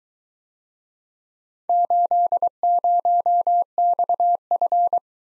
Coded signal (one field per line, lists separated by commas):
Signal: Morse code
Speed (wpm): 23 wpm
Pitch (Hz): 700 Hz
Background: none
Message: 80XF